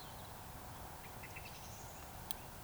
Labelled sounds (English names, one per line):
Eurasian Woodcock whistle